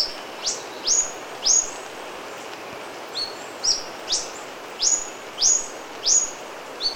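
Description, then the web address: Yellow-throated bush tanager calling with bright, sharp upward-flicked chips, some higher and some lower, in an irregular series against steady hiss. Recorded in Ecuador. "Natures Songs S America Birds of Ecuador Yellow-throated Bush-Tanager"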